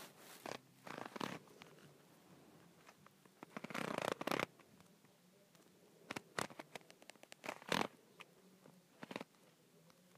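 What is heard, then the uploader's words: A handle is twisted and turned, giving short bursts of scraping and clicking rattles. The bursts come irregularly: a cluster near the start, a longer grinding stretch around four seconds, then sharp clicks and brief rasps spaced through the rest, with quiet gaps between. ASMR Twisting and Turning a Handle.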